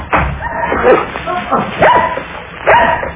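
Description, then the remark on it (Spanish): Dogs bark at intruders who have climbed over a wall into a property, in a string of sharp, loud, irregular bursts, about five in all, with higher yipping and whining notes mixed among the deeper barks. “Los perros han delatado nuestra presencia.”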